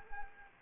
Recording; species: mosquito wingbeat signal from an infrared sensor; Anopheles arabiensis